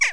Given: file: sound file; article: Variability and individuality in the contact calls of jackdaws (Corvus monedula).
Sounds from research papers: jackdaw call; harmonic

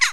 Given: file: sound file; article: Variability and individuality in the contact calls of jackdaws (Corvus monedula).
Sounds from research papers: jackdaw call; harmonic

